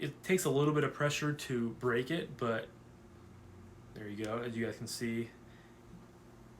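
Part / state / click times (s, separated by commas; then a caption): detent ball in folding knife blade tang / not seated / none. Someone talks while handling a Civivi Stylum folding knife, pushing the blade past its first detent so a secondary detent ball in the blade tang can drop into its hole and hold the blade from closing. Only speech over a steady low hum is heard, with quiet pauses between phrases. Nothing has seated or clicked yet; the clip ends just before the ball clicks into place.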